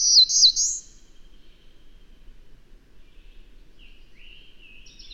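Bird song: a loud, high, rapid twittering burst at the start, a quiet gap, then softer lower warbles rising again at the close.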